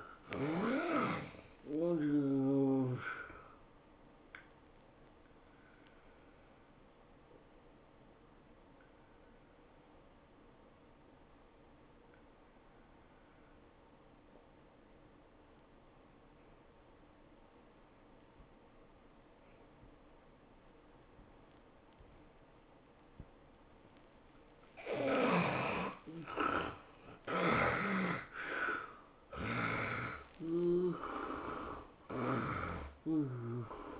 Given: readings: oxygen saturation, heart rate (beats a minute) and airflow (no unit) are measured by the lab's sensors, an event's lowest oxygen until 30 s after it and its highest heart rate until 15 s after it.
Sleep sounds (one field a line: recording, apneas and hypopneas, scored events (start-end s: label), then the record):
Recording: breathing in sleep by a voice recorder at the bedside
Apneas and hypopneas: 1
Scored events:
3.00-25.90 s: hypopnea (N2, oxygen 96% highest, then 76% lowest, heart rate 110 at the start, 111 highest)
9.00-34.00 s: new sleep stage, N1 (lightest sleep)
From the record:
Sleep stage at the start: N2 (light sleep)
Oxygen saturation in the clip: 73 to 96%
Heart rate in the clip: 92 to 111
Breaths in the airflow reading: 7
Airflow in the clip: -10.8 to 11.6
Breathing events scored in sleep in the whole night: 403 in 5.5 hours asleep